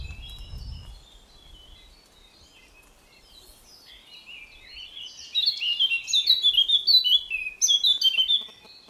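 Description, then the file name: Eurasian blackcap song: after quiet faint twitters, a loud, rapid, warbling phrase of varied high notes starts midway, pauses briefly, and resumes. "Sylvia atricapilla"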